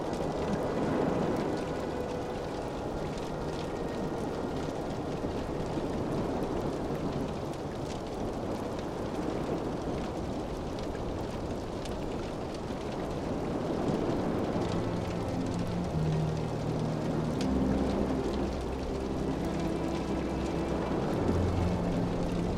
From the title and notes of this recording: Pirate Ship and the Terrible Sea, the Comfort of Strings. Outside the walls of the ship, the ocean surges relentlessly.